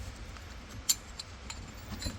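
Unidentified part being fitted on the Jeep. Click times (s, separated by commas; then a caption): 0.9 s. An unidentified part is being lined up and fitted on an old Jeep, with a few faint taps heard against low background rumble. A loud, sharp clunk at 0.9 s marks the part going into place, and it is seated.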